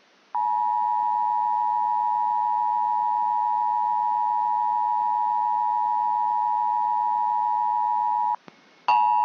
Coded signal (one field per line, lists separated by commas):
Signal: Emergency Alert System (SAME) tones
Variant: 853 and 960 Hz attention tone